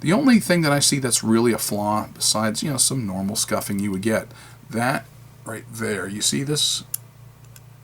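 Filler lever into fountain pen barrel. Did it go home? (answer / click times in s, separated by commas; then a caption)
partly / 7.6 s. Someone talks while working the filler lever on a circa 1920s Eagle Pencil Company fountain pen, about 100 years old, moving it and letting it go back into the pen barrel. A faint tick is heard at 7.6 s, but the lever does not snap back into place tight, so it only partly seats.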